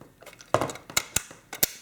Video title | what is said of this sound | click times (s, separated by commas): Zenza Bronica S/S2 (w/ English subtitles) | a lock, so you hear the click sound and two knobs will be aligned to the lines. | 0.5 s